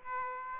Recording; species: mosquito wingbeat signal from an infrared sensor; Aedes aegypti